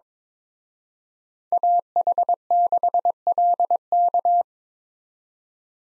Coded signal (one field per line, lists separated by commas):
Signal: Morse code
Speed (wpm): 25 wpm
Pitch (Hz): 700 Hz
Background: none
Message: AH6LK